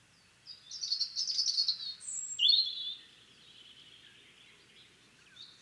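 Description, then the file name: European robin song: a two-and-a-half-second phrase of thin, high, jumbled notes with a sliding twitter, then a quiet, wavering tail. "Erithacus rubecula"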